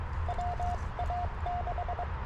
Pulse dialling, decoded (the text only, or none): none